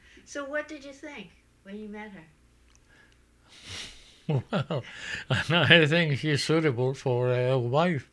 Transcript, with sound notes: So what did you think when you met her?
( he laughs ) Well, I think she's suitable for a wife.